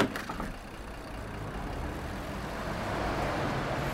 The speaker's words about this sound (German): Morgens um 10 fließt der Verkehr auf zwei Spuren stadteinwärts und auf zwei Spuren raus aus der Stadt in Richtung Elbe.